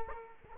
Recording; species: mosquito wingbeat signal from an infrared sensor; Culex quinquefasciatus